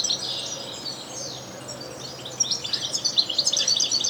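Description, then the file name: European goldfinch twittering song, softer and blurred at first, then a lively run of bright, quick chirps in the second half. "Carduelis carduelis"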